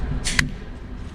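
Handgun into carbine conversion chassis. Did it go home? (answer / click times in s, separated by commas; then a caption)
yes / 0.4 s. A Glock 19 Gen 4 pistol is lined up with the charging handle and pushed forward into a CAA Micro Conversion Kit (MCK) carbine chassis. A brief rustle comes at about 0.2–0.35 s, then a single sharp click at 0.4 s as the pistol locks and seats in the chassis.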